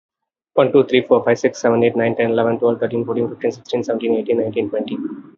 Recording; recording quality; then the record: counting at a fast pace; excellent, no background noise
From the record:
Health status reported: healthy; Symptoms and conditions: cold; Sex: male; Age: 50 years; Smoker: not ticked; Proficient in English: yes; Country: India